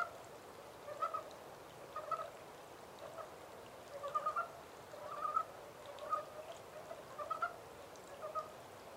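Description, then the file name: Montane brown frog calls: short, soft clucking croaks about once a second, fairly even in spacing, set against a constant hissing background. Recorded 14 April 2010. "yamaakagaeru-20100414"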